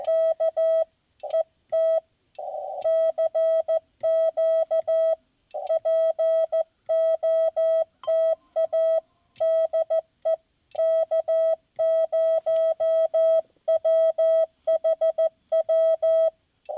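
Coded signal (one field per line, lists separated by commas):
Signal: Morse code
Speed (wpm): 14 wpm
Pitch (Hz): 650 Hz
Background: none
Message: K ET CQ POTA DE K0WHW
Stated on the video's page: CW Parks on the Air activation from a truck mobile install with screwdriver antenna and ham sticks on HF.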